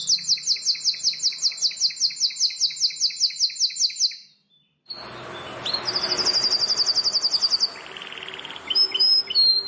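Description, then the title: Bar-winged prinia song: long even run of sharp repeated high notes, a pause, then a quicker trill and separate chirps over background hiss. "Ciblek Sawah 1"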